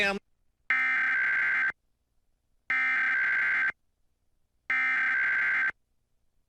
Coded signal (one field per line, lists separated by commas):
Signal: Emergency Alert System (SAME) tones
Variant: header bursts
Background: speech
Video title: National EAS Test Compilation (August 7, 2019, NYC)